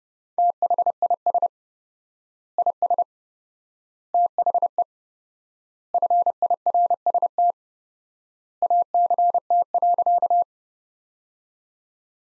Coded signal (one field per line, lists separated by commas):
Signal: Morse code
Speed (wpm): 30 wpm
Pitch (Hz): 700 Hz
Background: none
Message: THIS IS THE FIRST ACT.